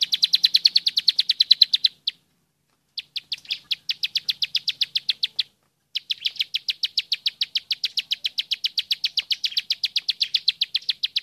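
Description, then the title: Bar-winged Prinia song: rapid, evenly spaced high chipping notes in long runs, broken by two short pauses. Masteran tutor song. "Masteran Ciblek"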